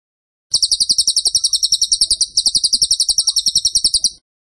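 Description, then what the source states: Bird song: a fast, even run of high, sharp chirps, held steadily for about three and a half seconds with one brief dip midway. Masteran (training) recording of a bird singing actively (gacor) with tembakan phrases.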